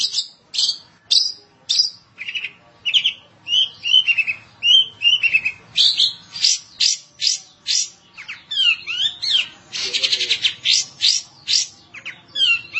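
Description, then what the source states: Long-tailed Shrike song mixing sharp chips, slurred whistles and rising and falling buzzy phrases in a long, rapid, varied sequence. Dated March 2017 (201703).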